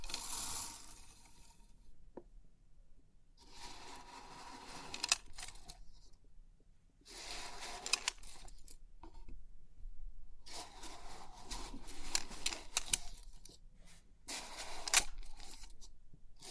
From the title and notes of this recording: Crisp 3D Pin Art Tingles(No Talking).